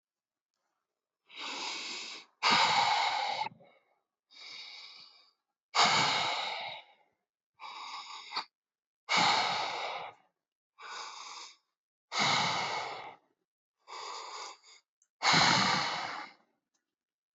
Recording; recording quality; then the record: deep breathing; excellent, no background noise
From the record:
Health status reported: exposed to COVID-19, no respiratory illness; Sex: male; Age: 30 years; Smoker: yes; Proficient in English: yes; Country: India